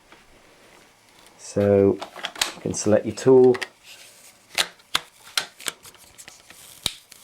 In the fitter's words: and click it in. It's all a nice click fitting.